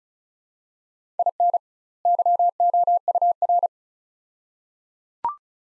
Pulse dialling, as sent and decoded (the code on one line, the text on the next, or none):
none